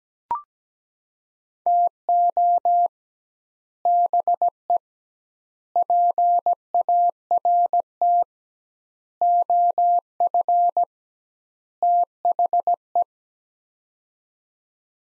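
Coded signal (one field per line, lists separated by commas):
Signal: Morse code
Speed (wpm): 17 wpm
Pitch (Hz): 700 Hz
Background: none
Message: TO BE PART OF THE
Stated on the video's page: Morse practice sets of five words at 17 wpm with 2x word-spacing, a Farnsworth-like approach; each set is sent, spoken, then sent again.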